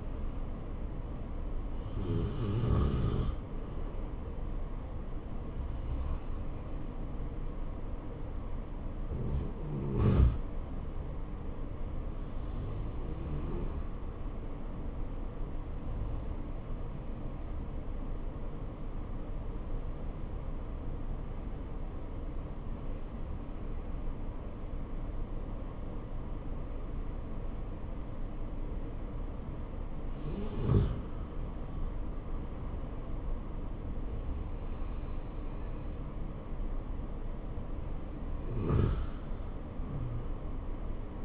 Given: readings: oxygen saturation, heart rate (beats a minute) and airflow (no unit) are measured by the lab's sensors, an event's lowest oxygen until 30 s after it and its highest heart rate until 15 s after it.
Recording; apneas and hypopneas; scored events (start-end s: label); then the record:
breathing in sleep by a smartphone at the bedside; 1
14.00-30.90 s: hypopnea (N2, oxygen 92% highest, then 89% lowest, heart rate 71 at the start, 72 highest)
From the record:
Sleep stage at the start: N2 (light sleep); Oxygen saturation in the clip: 90 to 93%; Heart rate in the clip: 59 to 72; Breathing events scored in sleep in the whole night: 277 in 7.4 hours asleep